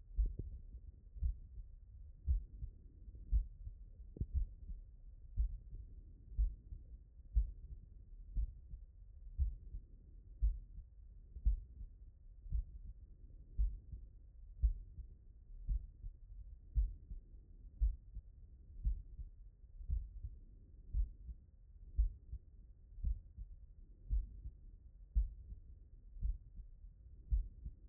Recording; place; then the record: heart sounds by stethoscope; tricuspid valve (TV)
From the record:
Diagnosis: non-HFrEF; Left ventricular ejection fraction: 71%